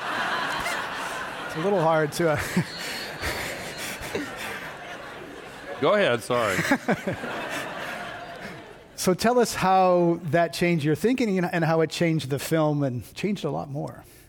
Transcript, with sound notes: It’s a little hard to.
Go ahead. Sorry.
[Laughter]
So tell us how that changed your thinking and how it changed the film and changed a lot more.